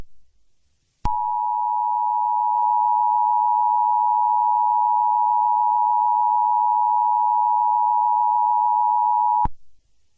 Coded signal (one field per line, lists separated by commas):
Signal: Emergency Alert System (SAME) tones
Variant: 853 and 960 Hz attention tone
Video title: EAS Scenario #19: ALCATRAZ: the Ship of Theseus.